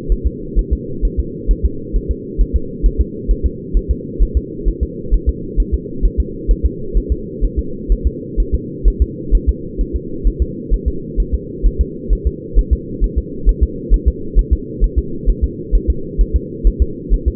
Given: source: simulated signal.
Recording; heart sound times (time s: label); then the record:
fetal heart sounds
0.12 s: S1
0.27 s: S2
0.59 s: S1
0.73 s: S2
1.05 s: S1
1.19 s: S2
1.51 s: S1
1.65 s: S2
1.96 s: S1
2.11 s: S2
2.41 s: S1
2.56 s: S2
2.86 s: S1
3.01 s: S2
3.31 s: S1
3.46 s: S2
3.77 s: S1
3.91 s: S2
4.22 s: S1
4.37 s: S2
4.69 s: S1
4.83 s: S2
5.14 s: S1
5.29 s: S2
5.60 s: S1
5.74 s: S2
6.05 s: S1
6.20 s: S2
6.51 s: S1
6.66 s: S2
6.97 s: S1
7.12 s: S2
7.44 s: S1
7.59 s: S2
7.92 s: S1
8.07 s: S2
8.40 s: S1
8.55 s: S2
8.88 s: S1
9.02 s: S2
9.35 s: S1
9.49 s: S2
9.81 s: S1
9.96 s: S2
10.27 s: S1
10.42 s: S2
10.74 s: S1
10.88 s: S2
11.20 s: S1
11.34 s: S2
11.66 s: S1
11.81 s: S2
12.13 s: S1
12.27 s: S2
12.59 s: S1
12.73 s: S2
13.04 s: S1
13.18 s: S2
13.49 s: S1
13.63 s: S2
13.94 s: S1
14.08 s: S2
14.39 s: S1
14.53 s: S2
14.84 s: S1
14.98 s: S2
15.30 s: S1
15.44 s: S2
15.75 s: S1
15.90 s: S2
16.21 s: S1
16.36 s: S2
16.67 s: S1
16.82 s: S2
17.14 s: S1
17.28 s: S2
From the record:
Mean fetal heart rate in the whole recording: 130 bpm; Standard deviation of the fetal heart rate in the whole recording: 2 bpm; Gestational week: 36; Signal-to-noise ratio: -4.3 dB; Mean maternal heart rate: 72 bpm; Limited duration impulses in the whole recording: absent